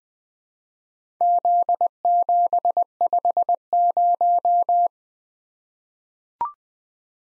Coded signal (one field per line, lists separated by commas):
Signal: Morse code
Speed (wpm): 21 wpm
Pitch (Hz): 700 Hz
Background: none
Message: Z750